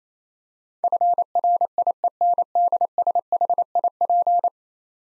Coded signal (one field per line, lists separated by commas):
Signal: Morse code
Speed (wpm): 28 wpm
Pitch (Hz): 700 Hz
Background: none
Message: FRIENDSHIP